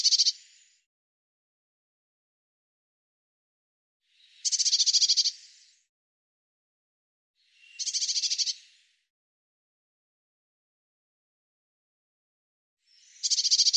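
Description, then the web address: Eurasian blue tit churring: short harsh buzzy rattles of about a second each, four bursts spaced unevenly throughout, nothing else audible. "cianscape birddata Deverinetal 2025 File cleaned normalized Bird Cy Ca"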